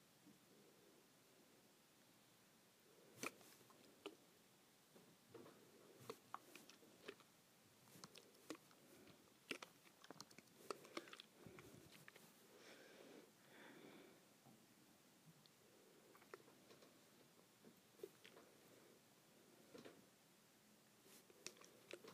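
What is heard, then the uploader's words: A hair spray bottle is shaken and handled for about twenty seconds, with irregular sharp clicks and rattles scattered throughout. Between them come soft, hollow, rustling bursts in the low-middle range, uneven in timing. It is busiest around the middle, with a quiet hiss underneath. ASMR Shaking Hair Spray Bottle.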